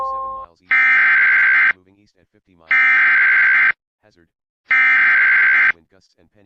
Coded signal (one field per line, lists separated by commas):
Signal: Emergency Alert System (SAME) tones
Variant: header bursts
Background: speech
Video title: HELLTARGET (An EAS Compilation On May 19-20TH) with alerts on FM AND GUPT IP RADIO!!